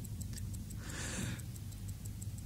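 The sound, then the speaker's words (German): A steady, rapid ticking of a wristwatch inside an elevator, small bright clicks repeating evenly over a low continuous hum, with a brief hissing swell in the middle. “eingesperrt in diesem verrückt gewordenen Fahrstuhl mit meiner verrückt gewordenen Armbanduhr.”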